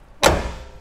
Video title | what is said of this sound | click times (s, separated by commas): How To Hook Up Your Sway Control Hitch | going to use the bar to lift up, snap it in place. | 0.2 s